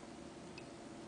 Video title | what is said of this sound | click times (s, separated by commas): AC Line Voltage Controller for Atwater Kent Model 40 | click i clicked in real good so this part is all set now | 0.6 s